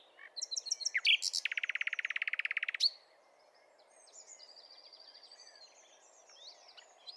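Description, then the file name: Common nightingale song: a few sharp notes, then a long, loud, rapid rattling trill, followed by fainter high whistles. "Luscinia megarhynchos"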